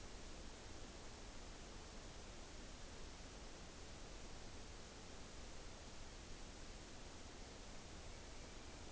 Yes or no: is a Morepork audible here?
no